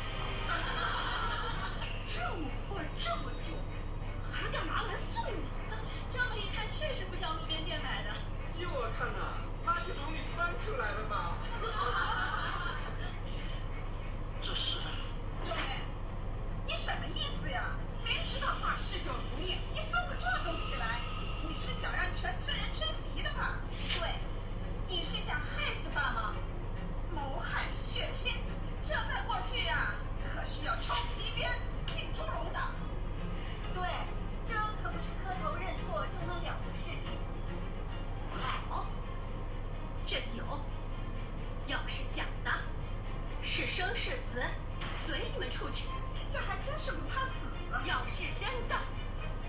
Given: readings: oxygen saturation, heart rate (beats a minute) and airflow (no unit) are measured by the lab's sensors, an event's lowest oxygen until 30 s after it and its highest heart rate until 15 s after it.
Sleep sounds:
a person awake in a sleep study, by a smartphone at the bedside; none
0.00-49.48 s: awake
From the record:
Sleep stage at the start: awake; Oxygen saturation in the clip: 93 to 94%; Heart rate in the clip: 57 to 63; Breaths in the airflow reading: 16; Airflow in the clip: -4.9 to 4.9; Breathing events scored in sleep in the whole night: 476 in 9.7 hours asleep

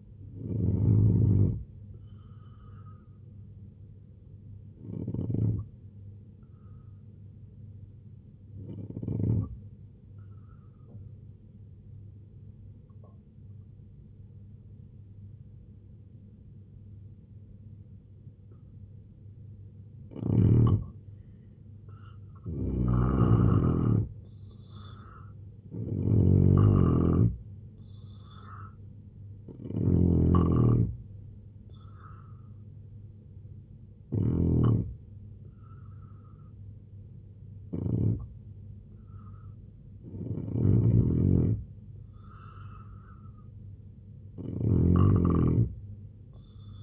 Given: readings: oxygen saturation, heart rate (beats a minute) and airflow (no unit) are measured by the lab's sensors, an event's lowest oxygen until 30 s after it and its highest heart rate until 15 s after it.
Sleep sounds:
breathing in sleep by a smartphone at the bedside; 1
9.00-23.10 s: hypopnea (N3, oxygen 91% highest, then 81% lowest, heart rate 74 at the start, 84 highest)
From the record:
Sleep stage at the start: N3 (deep sleep); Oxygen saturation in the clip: 81 to 91%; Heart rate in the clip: 71 to 84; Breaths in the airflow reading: 10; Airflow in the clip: -4.4 to 5.6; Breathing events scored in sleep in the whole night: 258 in 7.4 hours asleep

